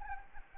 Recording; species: mosquito wingbeat signal from an infrared sensor; Anopheles gambiae